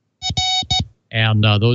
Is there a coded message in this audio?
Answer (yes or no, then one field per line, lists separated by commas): no